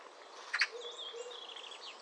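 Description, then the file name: Eurasian magpie giving one short, harsh rasping call, followed by thin whistled and warbling notes from another bird in the background. "Pica pica"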